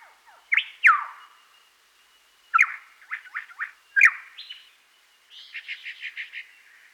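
Superb lyrebird song mixing sharp slurred whistles and quick chips, ending in a rapid, even series of notes.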